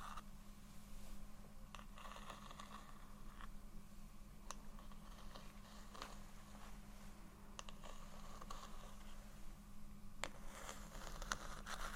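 Soft tapping and scratching: light, crisp taps land irregularly, roughly every second or so, with a brighter, sharper tap near ten seconds. Between them run rustling, scratchy strokes, all over a steady low hum that never changes.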